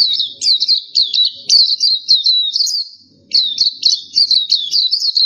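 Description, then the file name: Black-capped white-eye song of fast, high, slurred twittering notes in two long phrases split by a short gap. "suara kicauan pleci blackcapped"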